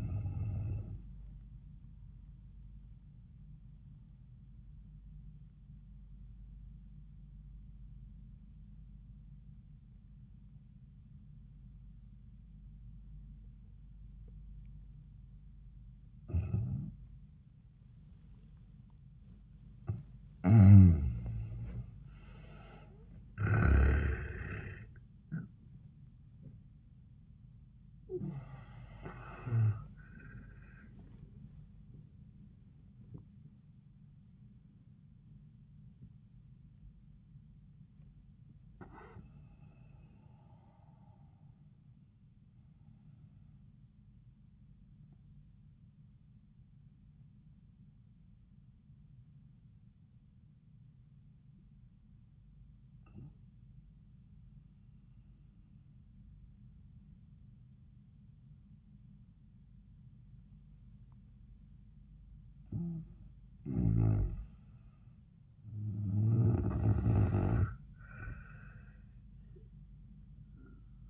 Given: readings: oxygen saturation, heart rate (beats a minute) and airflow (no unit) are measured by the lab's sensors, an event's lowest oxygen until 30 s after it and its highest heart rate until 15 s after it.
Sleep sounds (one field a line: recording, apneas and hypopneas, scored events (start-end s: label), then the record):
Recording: breathing in sleep by a smartphone at the bedside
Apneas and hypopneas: 2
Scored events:
3.00-19.80 s: obstructive apnea (N1, oxygen 96% highest, then 82% lowest)
18.00-48.00 s: awake
18.00-48.00 s: new sleep stage, awake
48.00-62.10 s: obstructive apnea (N1, oxygen 98% highest, then 88% lowest)
48.00-71.10 s: new sleep stage, N1 (lightest sleep)
From the record:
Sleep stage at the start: N1 (lightest sleep)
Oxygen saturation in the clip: 82 to 98%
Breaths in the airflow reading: 4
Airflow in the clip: -24.5 to 27.1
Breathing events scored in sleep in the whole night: 400 in 8.7 hours asleep